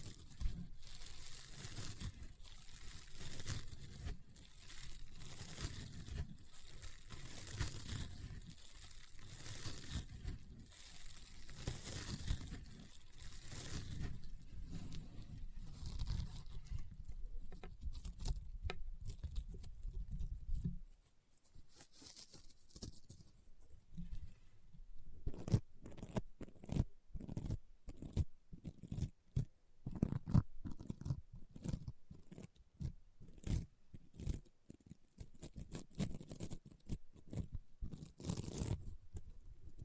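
Crunchy, popping slime is squeezed and worked in a dense, continuous stream of crackles for the first twenty seconds. It then stops abruptly, leaving sparser, sharper pops and clicks in quick irregular bursts, with brief quiet gaps between them.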